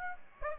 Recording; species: mosquito wingbeat signal from an infrared sensor; Aedes aegypti